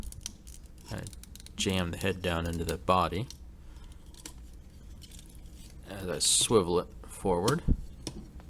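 The plastic joint of a transforming action figure body is handled as the head is jammed down into the body and the part is swiveled forward, with small sharp plastic ticks and scrapes around 0.3 s, 4.3 s and 8.1 s while someone talks. Nothing has seated or clicked into place yet.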